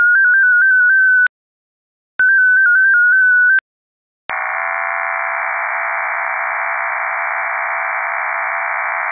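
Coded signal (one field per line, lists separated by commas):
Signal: MT63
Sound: two short burbling tone sequences, then a steady wide rushing digital hiss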